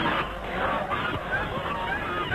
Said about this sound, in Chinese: 车还没走稳，又冲上了小道，眼看前面是鹅群了，可是他的车已经刹不住了。终于冲进了鹅群